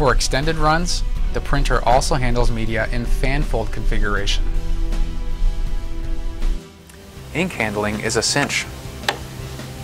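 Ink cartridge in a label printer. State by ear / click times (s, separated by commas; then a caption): released / 9.1 s. Someone talks over background music as the empty plastic ink cartridge in an Epson C3500 food label printer is pressed so its latch releases and it pops out. A single sharp tick is heard at 9.1 s as the cartridge is released.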